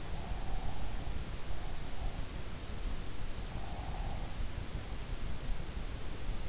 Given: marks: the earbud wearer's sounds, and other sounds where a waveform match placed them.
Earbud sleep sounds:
sounds in sleep by an in-ear microphone; breath
0.07-0.92 s: breath
3.51-4.24 s: breath

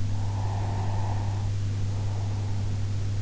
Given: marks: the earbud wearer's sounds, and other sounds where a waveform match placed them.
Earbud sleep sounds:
sounds in sleep by an in-ear microphone; breath
0.01-3.13 s: breath

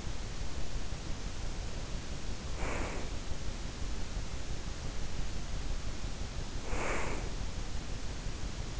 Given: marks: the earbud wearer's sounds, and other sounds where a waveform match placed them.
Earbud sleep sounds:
sounds in sleep by an in-ear microphone; breath
2.31-3.28 s: breath
6.40-7.61 s: breath

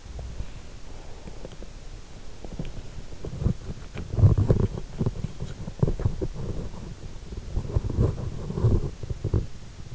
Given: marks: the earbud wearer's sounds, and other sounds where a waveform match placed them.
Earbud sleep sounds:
sounds in sleep by an in-ear microphone; body movement
0.00-9.66 s: body movement

